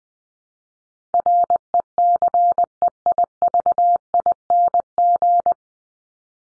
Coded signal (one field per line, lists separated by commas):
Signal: Morse code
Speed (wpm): 20 wpm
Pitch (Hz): 700 Hz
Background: none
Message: RECEIVING